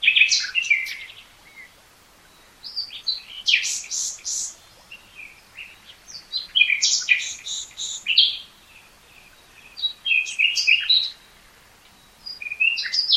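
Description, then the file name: Common nightingale delivering several rich phrases of loud clicking rattles, chirps and quick trills, each separated by a short pause, with light background hiss. "Luscinia megarhynchos"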